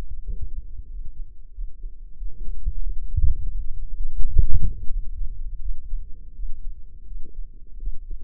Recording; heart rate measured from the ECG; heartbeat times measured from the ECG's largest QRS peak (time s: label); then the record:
heart sounds by microphone in the left ear; 87 bpm
0.21 s: heartbeat
0.87 s: heartbeat
1.51 s: heartbeat
2.15 s: heartbeat
2.81 s: heartbeat
3.49 s: heartbeat
4.17 s: heartbeat
4.87 s: heartbeat
5.59 s: heartbeat
6.33 s: heartbeat
7.05 s: heartbeat
7.77 s: heartbeat
From the record:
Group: healthy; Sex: male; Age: 57 years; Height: 188 cm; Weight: 106 kg